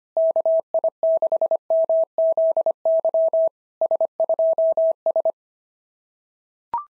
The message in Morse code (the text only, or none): KI6MZY S2S